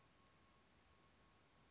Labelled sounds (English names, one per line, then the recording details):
Western Flycatcher
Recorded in Sonoma County, California